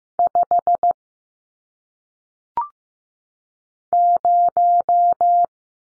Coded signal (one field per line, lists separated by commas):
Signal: Morse code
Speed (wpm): 15 wpm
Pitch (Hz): 700 Hz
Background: none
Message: 5 0